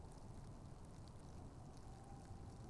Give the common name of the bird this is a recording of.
Tawny Owl